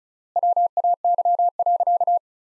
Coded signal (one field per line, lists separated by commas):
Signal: Morse code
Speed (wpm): 36 wpm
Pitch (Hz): 700 Hz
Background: none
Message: WAY.